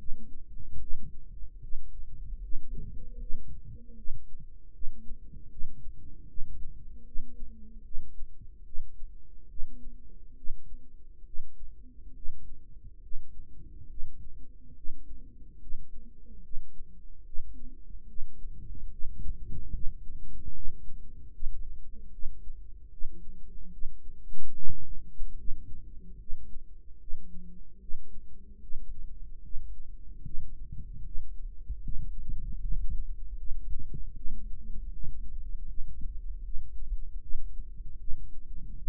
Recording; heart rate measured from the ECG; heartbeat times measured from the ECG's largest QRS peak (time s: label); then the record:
heart sounds by microphone in the right ear; 74 bpm
0.81 s: heartbeat
1.62 s: heartbeat
2.43 s: heartbeat
3.21 s: heartbeat
3.97 s: heartbeat
4.74 s: heartbeat
5.51 s: heartbeat
6.29 s: heartbeat
7.06 s: heartbeat
7.85 s: heartbeat
8.66 s: heartbeat
9.50 s: heartbeat
10.37 s: heartbeat
11.26 s: heartbeat
12.15 s: heartbeat
13.02 s: heartbeat
13.90 s: heartbeat
14.76 s: heartbeat
15.61 s: heartbeat
16.43 s: heartbeat
17.26 s: heartbeat
18.08 s: heartbeat
18.91 s: heartbeat
19.73 s: heartbeat
20.55 s: heartbeat
21.34 s: heartbeat
22.12 s: heartbeat
22.91 s: heartbeat
23.72 s: heartbeat
24.55 s: heartbeat
25.38 s: heartbeat
26.19 s: heartbeat
27.00 s: heartbeat
27.81 s: heartbeat
28.62 s: heartbeat
29.44 s: heartbeat
30.25 s: heartbeat
31.05 s: heartbeat
31.83 s: heartbeat
32.62 s: heartbeat
33.39 s: heartbeat
34.16 s: heartbeat
34.93 s: heartbeat
35.68 s: heartbeat
36.45 s: heartbeat
37.22 s: heartbeat
38.00 s: heartbeat
38.78 s: heartbeat
From the record:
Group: healthy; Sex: male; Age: 55 years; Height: 167 cm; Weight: 57.2 kg